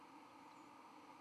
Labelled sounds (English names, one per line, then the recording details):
White-throated Sparrow flight call
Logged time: 08:54 on 31 October 2014